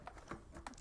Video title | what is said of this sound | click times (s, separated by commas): Chuwi Hi12 Stylus Dual Boot Version & Keyboard Dock Unboxing | and it snaps right in just like that | 0.7 s